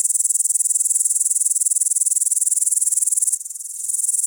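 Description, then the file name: Upland green bush-cricket song: a continuous high, hissing buzz pulsing rapidly, briefly softer near the end. "Upland Green Bush cricket Tettigonia cantans"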